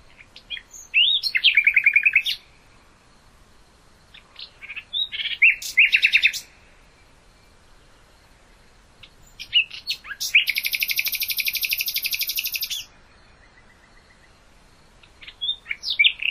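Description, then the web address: Common nightingale song in several bursts with pauses between: liquid whistled notes, sharp chirps, and a long dry, very fast trill in the second half. "hoeren nachtigall"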